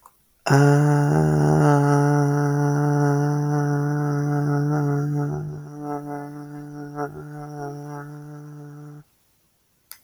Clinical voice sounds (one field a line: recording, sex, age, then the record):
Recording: vowel held as long as possible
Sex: male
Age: 18 to 19 years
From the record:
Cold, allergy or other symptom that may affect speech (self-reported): no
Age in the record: 18 years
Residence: North Carolina, United States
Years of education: 12